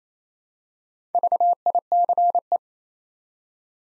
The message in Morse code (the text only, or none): VICE